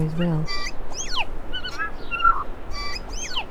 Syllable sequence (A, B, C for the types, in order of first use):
A B C D E B C